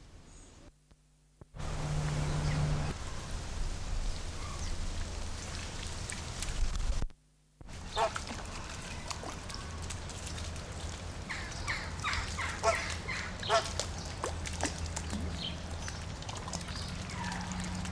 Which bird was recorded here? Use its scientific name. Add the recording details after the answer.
Phoenicopterus ruber. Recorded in captivity. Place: Zoo Münster, Nordrhein-Westfalen, DE. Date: 1991-09-24 11:35. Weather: schwül, 22-24°C. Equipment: Marantz CP 430, Sennheiser ME 80, K 30 AV, Kopie Tesla B 116. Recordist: Tembrock, Günter